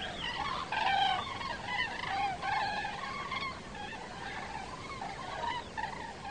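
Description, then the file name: Common crane flock with fainter trumpeting calls, several birds overlapping early on, then thinning to scattered softer honks over a constant background hiss. Migrating flock calling in autumn. "sookurg parves"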